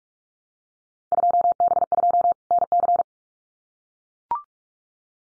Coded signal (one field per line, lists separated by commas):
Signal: Morse code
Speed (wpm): 44 wpm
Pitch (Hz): 700 Hz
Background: none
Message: 2B2 NC